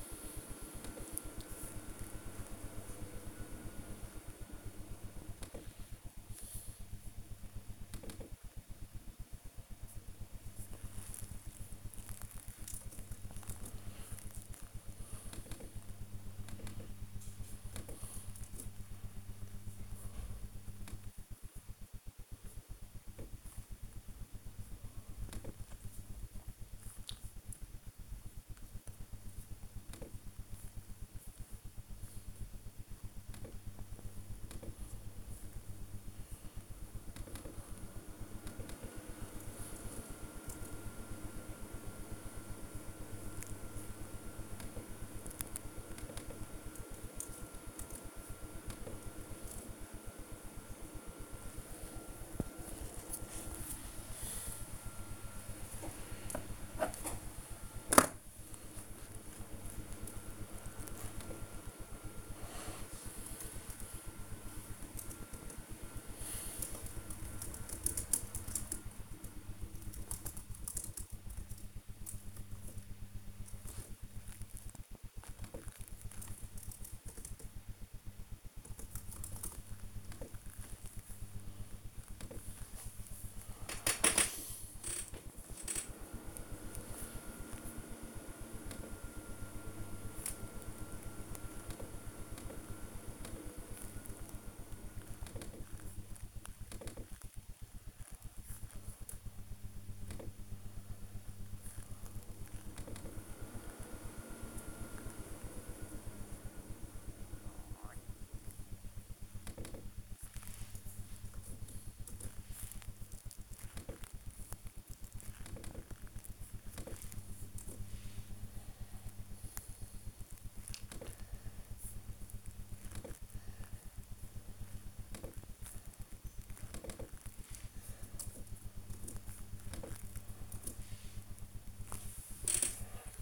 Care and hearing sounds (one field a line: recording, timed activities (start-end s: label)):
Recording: household activities, microphone on the right wrist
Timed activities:
0.00-74.50 s: working on the computer
79.51-133.21 s: working on the computer